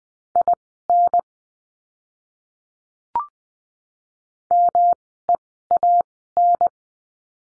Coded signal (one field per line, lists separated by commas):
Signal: Morse code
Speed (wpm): 20 wpm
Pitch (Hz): 700 Hz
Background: none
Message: IN MEAN